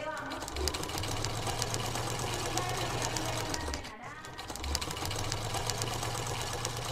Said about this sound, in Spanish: ella tomó una sencilla máquina de coser que tenía. Les enseñó a las mujeres que no sabían usarla y empezaron a hilar su sueño.